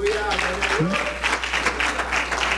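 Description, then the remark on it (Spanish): A church audience applauding the Lord during a sermon, a dense, steady wash of many hands clapping that holds at an even loudness throughout, with faint voices and a few tonal notes beneath it. “Den un aplauso al Señor.”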